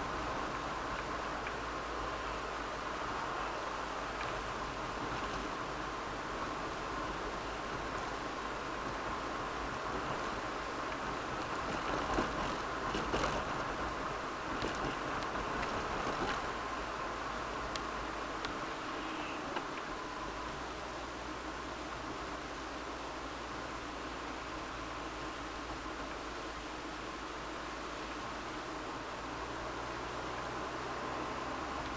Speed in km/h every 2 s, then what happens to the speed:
43, 42, 40, 42, 44, 44, 43, 45, 43, 36, 34, 33, 31, 32, 34, 37.
0-15 steady at about 43. 15-24 slows to 31. 24-32 speeds up to 37.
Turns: none.